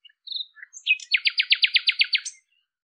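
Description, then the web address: Bird song: a few thin introductory notes, then a steady rattling trill of about ten rapid, buzzy pulses, ending on a brief high note, on a quiet background. "cianscape birddata Deverinetal 2025"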